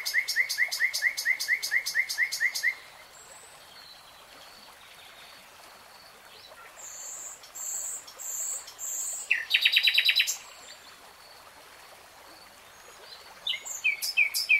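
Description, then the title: Nightingale song in separate phrases: a quick series of repeated notes, a pause, then high squeaky notes and a dense buzzy burst. Singing, heard in real time. "[Tiếng chim hót] REALTIME Nightingale Singing"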